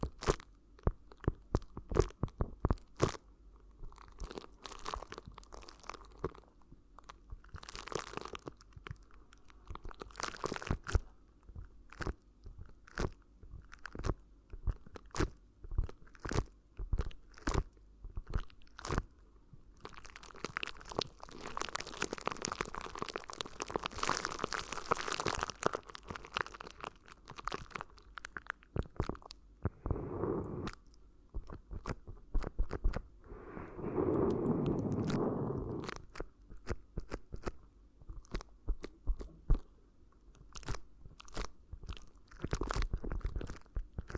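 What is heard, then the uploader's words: Close, crinkly rustling from an ear massage, made of dense, irregular crackles and sharp snaps that run through the whole clip. Around 20 to 26 seconds the crinkling thickens into a brighter, continuous rush. A softer, muffled rubbing swells near 34 seconds in a quiet, small room. ASMR Addictive Crinkly Ear Massage (No Talking).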